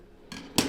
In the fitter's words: all you do is pop open this little cover right here